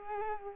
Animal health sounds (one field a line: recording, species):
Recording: mosquito wingbeat signal from an infrared sensor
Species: Culex quinquefasciatus